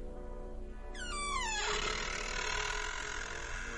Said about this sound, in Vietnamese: Philip đẩy cánh cửa sắt làm cho nó kêu lên kẽo cả kẽo kẹt.